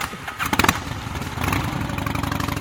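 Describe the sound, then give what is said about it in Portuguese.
A motorcycle engine cranks with a few sharp bursts, then catches and settles into a loud, steady, throbbing run with a rapid rhythmic pulse. No one speaks. “Puta, tu foi de moto, foi de moto ainda.”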